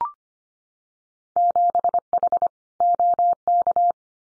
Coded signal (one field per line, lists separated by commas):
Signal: Morse code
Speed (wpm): 25 wpm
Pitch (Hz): 700 Hz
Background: none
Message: 7H OK